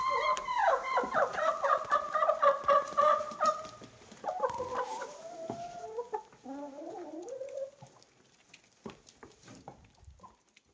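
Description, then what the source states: Chickens calling in a busy run of rapid, stacked clucks and squawks, easing into lower, quieter clucking toward the end. Hens clucking while eating in the recordist's own henhouse.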